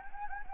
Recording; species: mosquito wingbeat signal from an infrared sensor; Anopheles gambiae